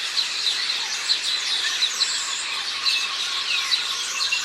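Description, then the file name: House sparrow chirps over a busy background chorus, several brief sharper notes popping out among dense twittering. "Passer domesticus"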